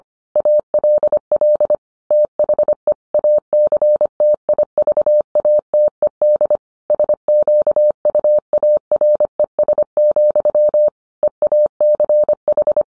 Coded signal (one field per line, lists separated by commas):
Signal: Morse code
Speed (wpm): 25 wpm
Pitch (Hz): 600 Hz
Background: none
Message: ALL THE ACTIVATED SQUARES, EACH